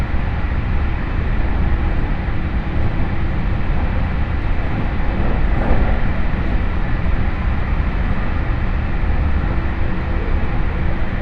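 A train ride on the Chūō West Line, heard from aboard: a steady, dense rumble with heavy low roar and a constant hiss above it. The level holds even throughout, with a brief slightly brighter swell around the middle and no distinct separate events.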